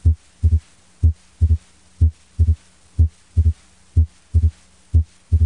Pericardial knock. An abnormal S3 in patients with constrictive pericarditis is called a pericardial knock. A pericardial knock is heard closer to S2 than a physiologic S3. A pericardial knock usually occurs in less than 0.14 second after S2. Knock is easier to hear than either a physiologic or pathologic S3.